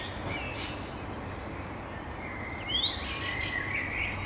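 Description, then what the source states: Birds singing faintly over steady hiss, with thin high whistles, a short trill, and one louder rising chirp past the middle. Birds singing at dawn.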